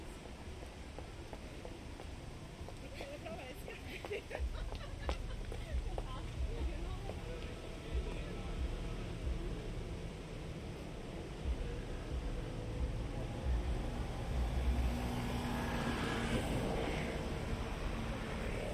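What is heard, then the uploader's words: At a paved road intersection, steady low traffic rumble fills the scene, with voices, brief clatters, and a vehicle passing louder near the end. A close-up, binaural recording of a paved/tiled road intersection in Rome. Recorded by Cities and Memory.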